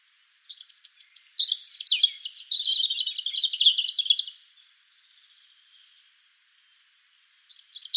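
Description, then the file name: European robin: a long, rapid, rippling song phrase of high squeaky notes and jittery trills, fading to quiet before a brief new start at the close. "Erithacus rubecula"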